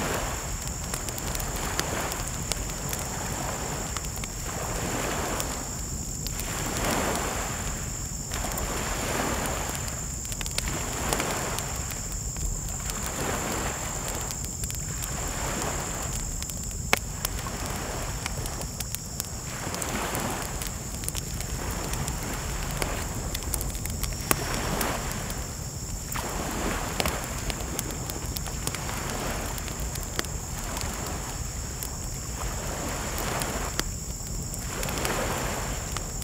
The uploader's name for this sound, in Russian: Огненный треск